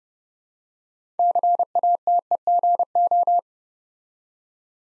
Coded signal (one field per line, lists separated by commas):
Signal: Morse code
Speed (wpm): 30 wpm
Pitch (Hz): 700 Hz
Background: none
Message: CATEGO